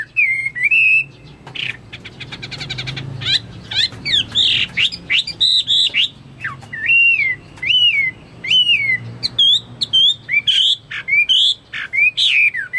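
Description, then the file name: Chinese hwamei song: loud, varied whistled phrases with notes slurred up and down, interspersed with harsher buzzy bursts and rapid chattering. "omkicau hwamei"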